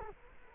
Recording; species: mosquito wingbeat signal from an infrared sensor; Culex quinquefasciatus